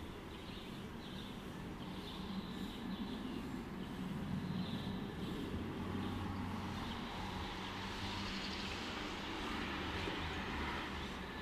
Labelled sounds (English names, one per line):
Common Blackbird call